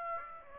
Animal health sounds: mosquito wingbeat signal from an infrared sensor; Aedes aegypti

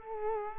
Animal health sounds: mosquito wingbeat signal from an infrared sensor; Culex quinquefasciatus

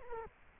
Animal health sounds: mosquito wingbeat signal from an infrared sensor; Culex quinquefasciatus

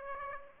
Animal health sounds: mosquito wingbeat signal from an infrared sensor; Aedes aegypti

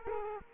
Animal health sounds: mosquito wingbeat signal from an infrared sensor; Culex quinquefasciatus

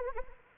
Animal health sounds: mosquito wingbeat signal from an infrared sensor; Anopheles arabiensis

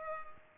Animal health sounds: mosquito wingbeat signal from an infrared sensor; Culex pipiens

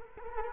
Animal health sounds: mosquito wingbeat signal from an infrared sensor; Culex quinquefasciatus

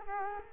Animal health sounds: mosquito wingbeat signal from an infrared sensor; Culex quinquefasciatus

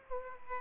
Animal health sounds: mosquito wingbeat signal from an infrared sensor; Aedes aegypti

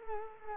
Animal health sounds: mosquito wingbeat signal from an infrared sensor; Culex quinquefasciatus

